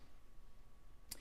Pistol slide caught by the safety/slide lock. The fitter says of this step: we'll push it all the way back so it's on it's on safe pull the slide all the way to the rear it locks in locks in place